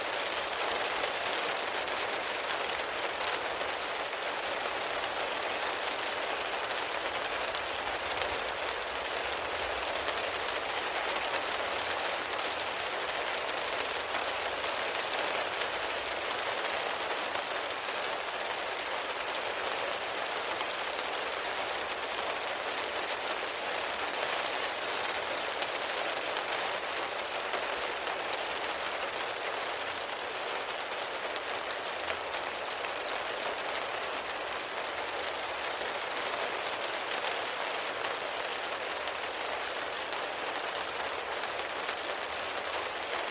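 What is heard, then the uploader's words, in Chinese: Fine rain falls in a steady, dense hiss across the whole clip, bright and even, with almost no low rumble and no distinct events. 冥想純雨聲 睡眠白噪音。沐浴在細緻的雨聲中，心靈仿佛被輕柔的雨滴包覆。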